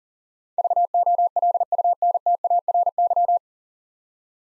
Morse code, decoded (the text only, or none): VOLUNTARY